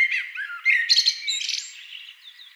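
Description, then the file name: Eurasian blackbird song, a brief fluted whistle followed by a rapid, thin, high-pitched twittering flourish. "amsel"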